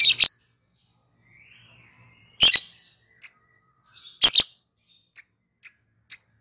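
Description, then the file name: Lovebird with harsh double shrieks and thin high chirps, a soft warble between, ending in three short evenly spaced chirps. Lovebird calling in the style called ngekek in Indonesian. "suara burung lovebird ngekek"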